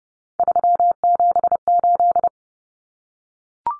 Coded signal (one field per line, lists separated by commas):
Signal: Morse code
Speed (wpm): 30 wpm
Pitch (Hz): 700 Hz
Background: none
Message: 378